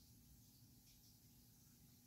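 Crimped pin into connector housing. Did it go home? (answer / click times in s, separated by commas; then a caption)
no / none. A crimped pin on the white-and-blue signal wire of an Aircraft Automation SuperEco autopilot extension cable male end is handled as it is pushed toward a plastic connector housing. Only a steady low hum and broad hiss are heard, with no distinct transients. Nothing has seated or clicked yet.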